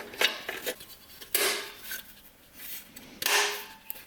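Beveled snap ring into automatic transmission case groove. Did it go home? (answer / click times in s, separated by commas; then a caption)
yes / 1.3 s. A beveled steel snap ring is pressed, bevel up, into the groove of a 4L80E automatic transmission case at the center support or drum during a billet input dual feed drum assembly. Light metallic clinks and scraping come first, then a sharp metallic snap at 1.4 s as the ring seats in its groove, followed by another bright metallic clatter around 3.3 s.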